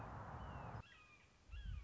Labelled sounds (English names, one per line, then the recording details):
Red-shouldered Hawk
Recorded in Sonoma County, California